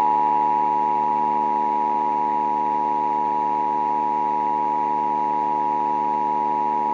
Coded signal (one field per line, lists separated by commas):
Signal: Emergency Alert System (SAME) tones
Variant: 853 and 960 Hz attention tone